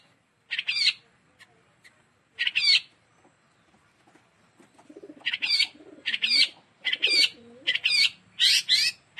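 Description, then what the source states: Long-tailed shrike song: a few separated harsh high notes, then a denser run of scratchy phrases over soft, low, wavering cooing sounds. Song style given locally as "kombinasi" (combination).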